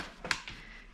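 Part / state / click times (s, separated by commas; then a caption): pushchair seat unit into frame adapters / seated / 0.3 s. The seat unit of a Joie Aeria Signature pushchair is pushed onto the frame adapters, with a soft knock at 0.2 s and a sharp, bright click at 0.3 s, followed by a duller knock at 0.5 s. The seat clicks into place on the frame, and the click shows it is fitted correctly.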